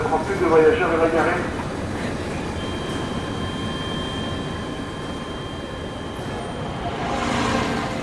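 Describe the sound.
Steady urban street bustle on a dense, commercial city street in the 18th arrondissement, just outside an RER station, with a constant rumble of traffic and a faint engine hum, swelling at the start and again near the end, with indistinct voices mixed into the din.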